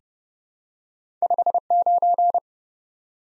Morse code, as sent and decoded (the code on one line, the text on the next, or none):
..... ----.
59